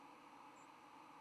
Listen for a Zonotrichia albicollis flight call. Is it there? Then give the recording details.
no. Another species' flight call is heard. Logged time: 07:48 on 10 November 2014